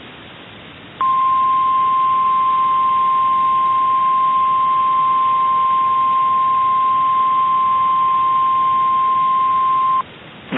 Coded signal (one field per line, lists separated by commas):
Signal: Emergency Alert System (SAME) tones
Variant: 1050 Hz attention tone